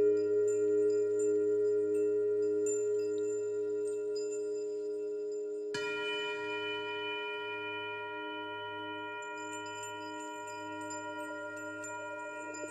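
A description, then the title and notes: A 417hz singing bowl hums with a steady tone and a slow, wavering pulse beneath it. Just before the six-second mark the bowl is struck again, adding a brighter shimmer of high ringing tones that sustain and fade only slightly to the end. 417hz singing bowl.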